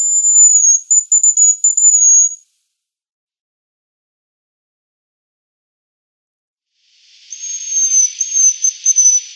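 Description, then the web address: Hazel Grouse display song, a high thin whistled phrase with a faint higher overtone, a pause, then a second high thin whistled phrase. Male, display. "Schulze Peter Hazel Grouse"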